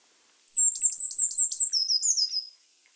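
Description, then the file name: Eurasian blue tit with one high call: a quick string of thin downslurred notes running into a lower buzzy trill, lasting about two seconds. "Cyanistes caeruleus"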